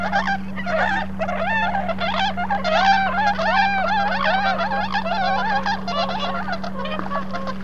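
Bewick's swans calling in a flock, overlapping wavering honks and bugles in a busy chorus that thins toward the end, over a steady low hum.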